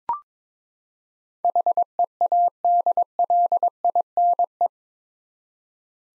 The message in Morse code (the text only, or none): HEADLINE